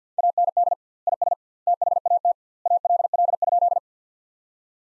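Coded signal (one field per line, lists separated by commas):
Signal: Morse code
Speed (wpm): 50 wpm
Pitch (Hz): 700 Hz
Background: none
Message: AND IS THAT ALL?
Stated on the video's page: Morse practice sentences built from the top 100 words at 50 wpm with double word spacing, a Farnsworth-like method.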